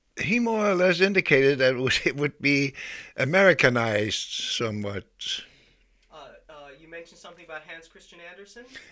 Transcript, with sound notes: He more or less indicated that (he laughs) it would be Americanized somewhat.
You mentioned something about Hans Christian Andersen.